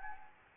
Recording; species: mosquito wingbeat signal from an infrared sensor; Anopheles gambiae